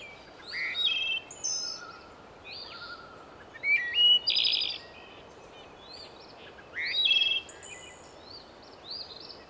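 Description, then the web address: Several birds singing together: clear whistled notes, sliding phrases and short buzzy bursts overlap, with loud phrases coming every couple of seconds over a steady background hiss. Birdsong in spring. "son sons de la nature chant des oiseaux au printemps"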